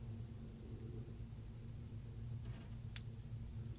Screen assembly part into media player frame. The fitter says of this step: here come a snap click sound and as that me as you know you've got it in there so now the test screen is assembled